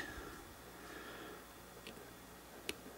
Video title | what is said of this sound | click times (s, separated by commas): Morimoto XB LED Fog Light Install Guide on 2nd Gen Tacoma - (2013-2015 Tacoma) | the connector just like that and then you should hear a little click there you go | 2.7 s